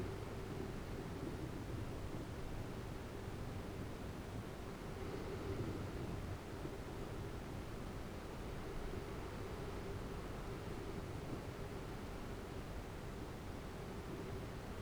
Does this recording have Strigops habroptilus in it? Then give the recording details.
no. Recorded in New Zealand. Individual Arab